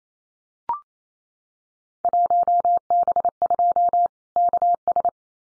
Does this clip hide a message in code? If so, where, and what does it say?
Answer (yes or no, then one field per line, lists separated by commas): yes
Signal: Morse code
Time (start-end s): 2.0-5.1 s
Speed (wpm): 28 wpm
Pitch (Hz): 700 Hz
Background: none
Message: 1B2 KS